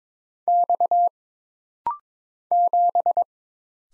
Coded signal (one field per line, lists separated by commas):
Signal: Morse code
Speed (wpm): 22 wpm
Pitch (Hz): 700 Hz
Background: none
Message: X 7